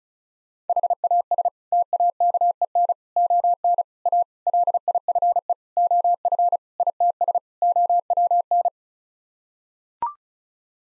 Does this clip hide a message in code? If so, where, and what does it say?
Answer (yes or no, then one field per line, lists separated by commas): yes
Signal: Morse code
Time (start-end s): 0.7-8.7 s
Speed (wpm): 36 wpm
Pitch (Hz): 700 Hz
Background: none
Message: HAS TAKEN ON A LIFE OF ITS OWN